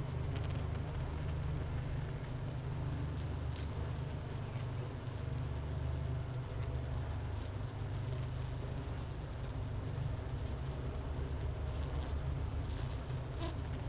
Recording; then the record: honeybee colony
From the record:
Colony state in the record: missing queen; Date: 31 May 2018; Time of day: 10:08